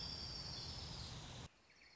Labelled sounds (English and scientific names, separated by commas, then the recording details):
Orange-crowned Warbler (Leiothlypis celata)
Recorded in Sonoma County, California